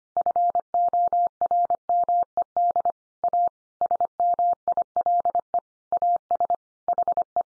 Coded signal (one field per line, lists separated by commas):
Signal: Morse code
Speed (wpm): 25 wpm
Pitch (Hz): 700 Hz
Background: none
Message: FORMED A SMILE AS HE